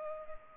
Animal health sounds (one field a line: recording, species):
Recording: mosquito wingbeat signal from an infrared sensor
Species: Culex pipiens